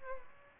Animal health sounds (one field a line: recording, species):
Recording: mosquito wingbeat signal from an infrared sensor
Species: Aedes albopictus